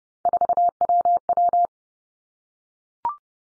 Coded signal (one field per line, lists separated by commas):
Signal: Morse code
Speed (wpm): 30 wpm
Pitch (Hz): 700 Hz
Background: none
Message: 4WW